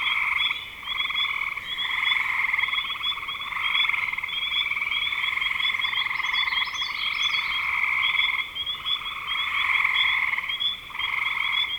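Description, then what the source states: Frogs calling in a dense chorus of overlapping pulsed trills that swell and pause, with a steady high whine and faint high chirps around six seconds. Recorded in spring 2025.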